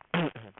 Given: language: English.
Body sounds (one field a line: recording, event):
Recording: throat vibration sensor signal played as sound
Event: throat clearing